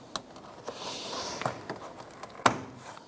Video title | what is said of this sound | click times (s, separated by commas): How to Replace Air Filter 2011-2018 Ram 1500 | that we have all of our tabs locked into place | 0.2 s, 2.5 s